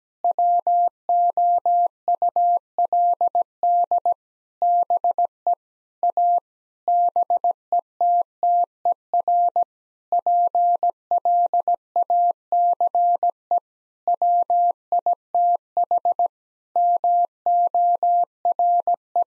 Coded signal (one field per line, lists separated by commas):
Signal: Morse code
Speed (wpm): 17 wpm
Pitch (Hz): 700 Hz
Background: none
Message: WOULD BE A BETTER PLACE WITH MORE